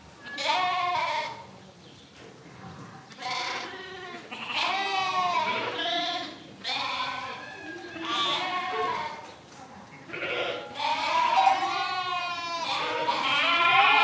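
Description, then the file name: Sheep: lambs bleating: several wavering, nasal bleats in an irregular series, rich in harmonics. Several lambs bleating, 7 April 2007. "20070407 Lambs Bleating"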